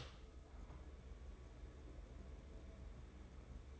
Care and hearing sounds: daily activity, microphone in the room; open door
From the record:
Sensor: 3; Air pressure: 1015.1 hPa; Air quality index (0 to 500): 141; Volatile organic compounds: 7 ppm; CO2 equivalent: 1999 ppm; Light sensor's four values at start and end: 16/40/16/17 and 16/40/16/17

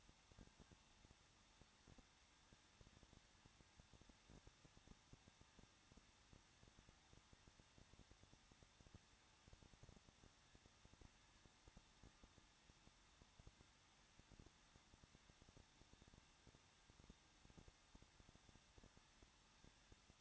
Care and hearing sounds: daily activity, microphone in the room; no activity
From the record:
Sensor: 3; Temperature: 21.2 degrees Celsius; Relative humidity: 36.3%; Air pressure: 1006.3 hPa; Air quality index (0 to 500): 221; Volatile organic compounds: 40 ppm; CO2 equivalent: 3151 ppm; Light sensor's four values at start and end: 2/3/2/2 and 2/3/2/2

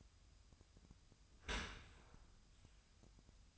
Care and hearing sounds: daily activity, microphone in the room; open dishwasher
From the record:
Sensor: 2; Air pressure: 1004.5 hPa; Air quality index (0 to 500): 110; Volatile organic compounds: 3 ppm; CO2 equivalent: 1330 ppm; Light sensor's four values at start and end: 6/15/6/6 and 6/15/6/6

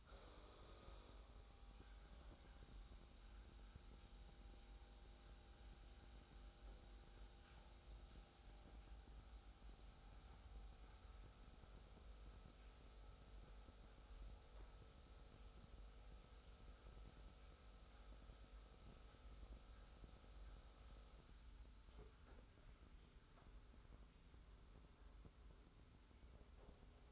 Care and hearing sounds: daily activity, microphone in the room; make coffee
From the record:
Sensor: 3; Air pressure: 990.7 hPa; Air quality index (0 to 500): 155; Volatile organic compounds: 618 ppm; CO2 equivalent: 4960 ppm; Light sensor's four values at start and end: 32/76/31/29 and 32/75/30/29

